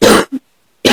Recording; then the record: coughing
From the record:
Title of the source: 60 coughing still (deep and wet cough)